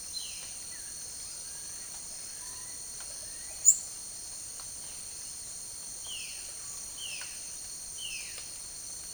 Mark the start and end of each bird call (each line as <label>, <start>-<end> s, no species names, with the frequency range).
bird call (1.0-5.2 kHz), 0.07-1.00 s
bird call (1.1-2.5 kHz), 1.34-3.64 s
bird call (1.4-3.8 kHz), 6.00-8.36 s